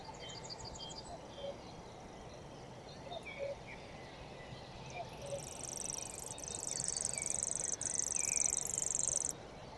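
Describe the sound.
Common grasshopper warbler giving a high, sustained mechanical reel lasting about four seconds, insect-like and even, over steady low background rumble with a few faint other bird notes.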